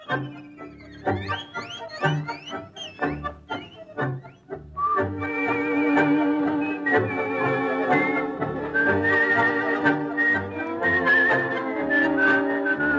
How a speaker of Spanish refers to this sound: El boyero es el que está en el campo. Escuchen el silbido del boyero.